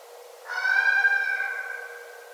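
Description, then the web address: Red fox uttering a single sustained harmonic wail, level in pitch, lasting about a second and a half before trailing off. Recorded on 9 December 2011. "Red Fox 2011 12 09"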